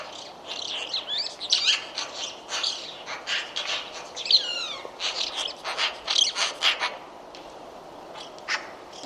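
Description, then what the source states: Bird chattering busily with a dense run of sharp, high chirps and twittering notes, several quick downslurred whistles mixed in. Call labelled "Pi Pi Pi Pi".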